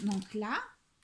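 A small sewing clip with metal inside is being brought toward a magnetic pin and needle holder while someone talks. Only the speech and faint handling are heard, and the clip has not yet snapped onto the holder; nothing has clicked yet.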